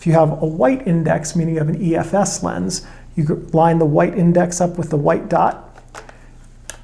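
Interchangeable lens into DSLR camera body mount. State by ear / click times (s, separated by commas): seated / 6.7 s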